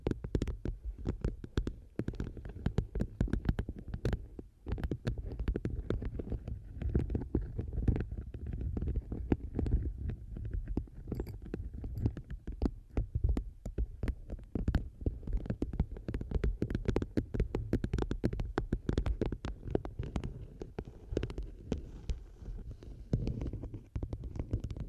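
Fingers tap objects against a microphone in a fast, dense, uneven stream that never pauses across the whole stretch. The taps land as dull, thumpy knocks with a heavy low rumble, some sharper clicks cutting through, and little variation in loudness.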